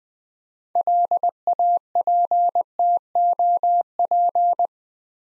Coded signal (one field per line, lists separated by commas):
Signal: Morse code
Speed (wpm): 20 wpm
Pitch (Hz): 700 Hz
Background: none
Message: LAPTOP